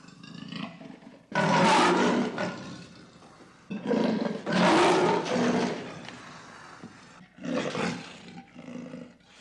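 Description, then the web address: Leopard giving several long, harsh, raspy roars separated by short pauses. "леопард"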